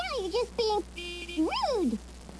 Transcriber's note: honk